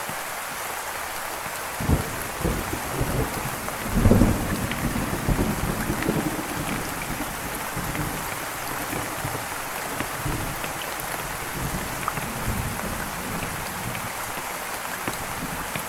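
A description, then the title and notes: Steady rain hisses across the whole clip, dense and even, with drops pattering on a surface. Low rumbles of thunder roll in, swelling around two seconds and again near four, then settling into a soft grumble beneath the rain. RAIN SOUNDS. Sounds of rain, thunder.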